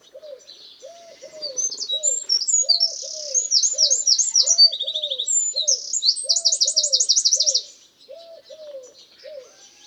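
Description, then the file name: Eurasian wren pouring out a rapid, high warbling song with buzzy trills, while another bird repeats low notes steadily underneath. "Troglodytes troglodytes"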